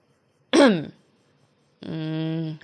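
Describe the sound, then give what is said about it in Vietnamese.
A man clears his throat: a short, rough, gravelly burst, a second of silence, then a longer steady voiced hum as he settles his voice. No other sounds. “Cậu ta ném điếu thuốc xuống, hắng giọng để vơi đi biểu cảm hơi mất tự nhiên của mình rồi nói.”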